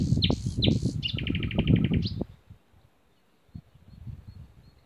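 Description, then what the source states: Birds singing: high, bright chirps and a rapid buzzy trill for about two seconds over heavy low croaking, then mostly quieter low pulses. Spring twittering of birds somewhere around Odra, with frogs croaking on the Lomnica canal, 10 May 2020.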